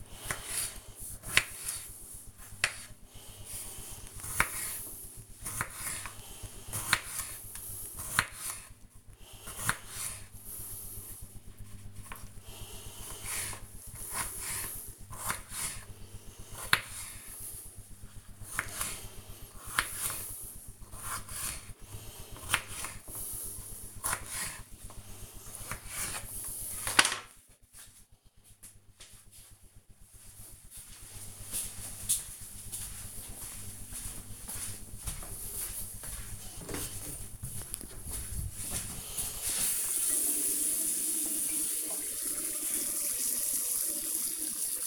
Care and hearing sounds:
household activities, microphone on the right wrist
0.00-26.64 s: cutting vegetables
39.72-44.87 s: brushing teeth

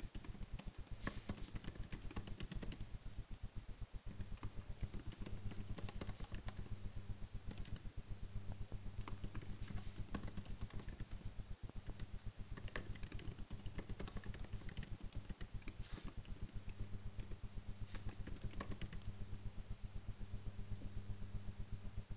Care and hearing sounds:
household activities, microphone on the right wrist
0.00-22.17 s: working on the computer

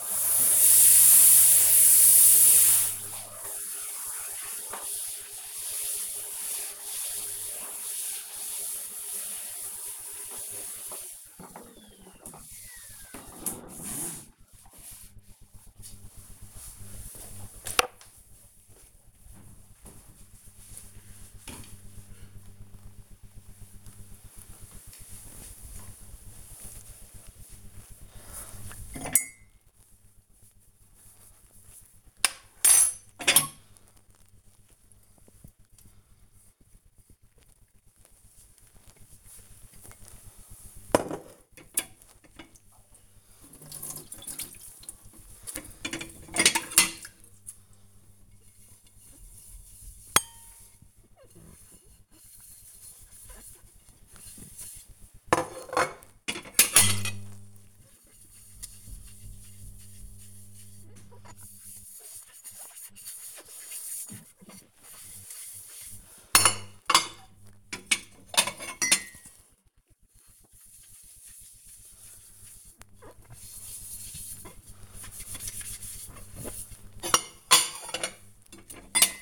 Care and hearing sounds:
household activities, microphone on the right wrist
0.00-10.59 s: vacuum cleaning
30.69-79.22 s: washing dishes

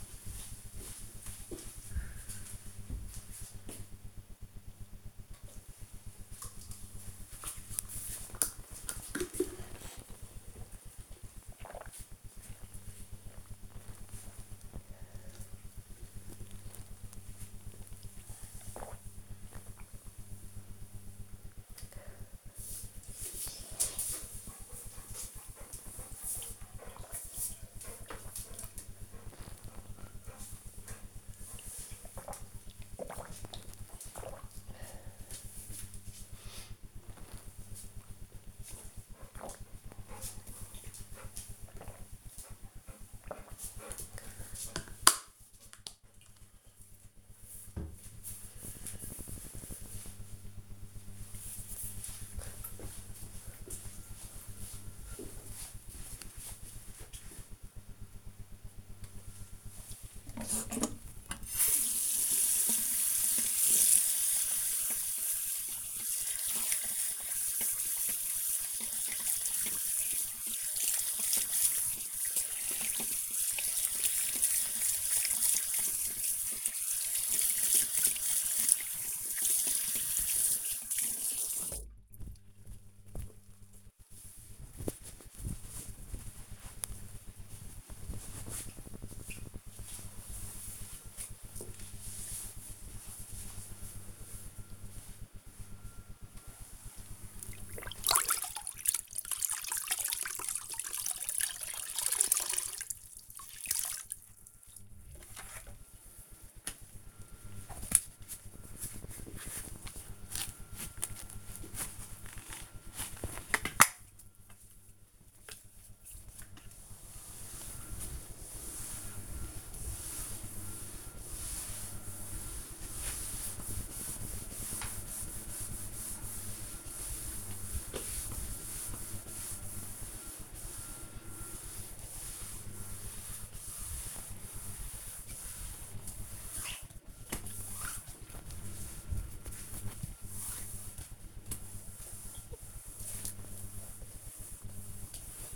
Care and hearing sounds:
household activities, microphone on the right wrist
5.04-44.27 s: drinking
58.34-83.47 s: washing hands
95.54-145.56 s: floor cleaning

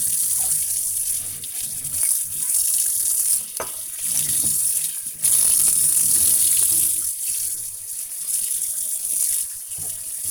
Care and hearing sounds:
household activities, microphone on the right wrist
0.00-10.31 s: washing dishes

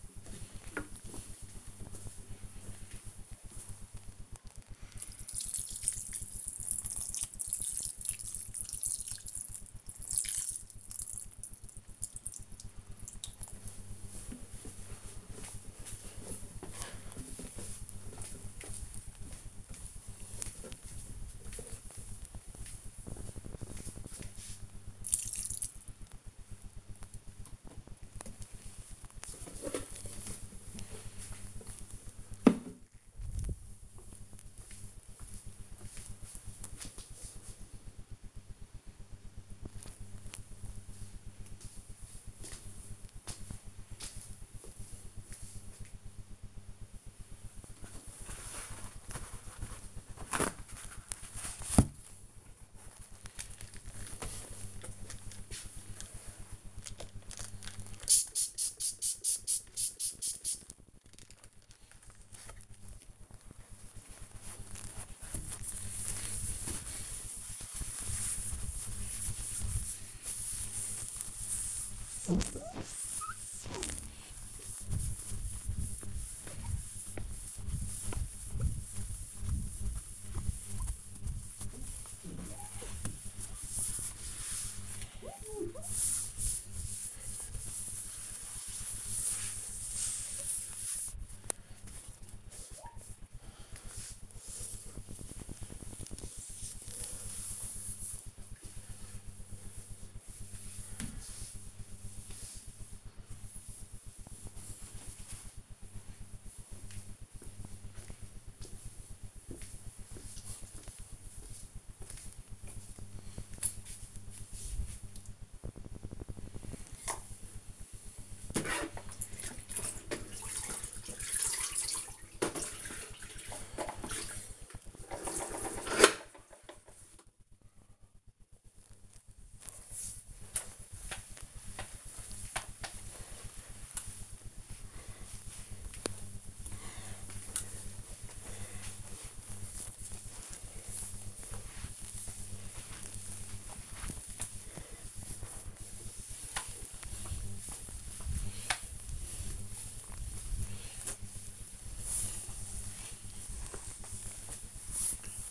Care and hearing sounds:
household activities, microphone on the right wrist
0.00-27.34 s: watering plant
47.39-104.62 s: window cleaning
116.68-155.51 s: floor cleaning

